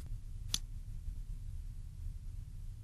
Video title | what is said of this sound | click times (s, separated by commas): Thay bàn phím laptop HP H430 H431 | lower the front edge of the battery until it clicks into place | 0.5 s